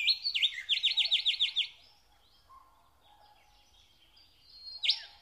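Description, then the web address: Nightingale song: a fast run of loud, repeated rattling notes, then a quiet pause with soft low tones before one sharp loud note at the end. Singing in spring. "spiew slowika wiosna"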